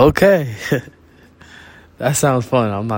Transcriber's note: interviewer giggles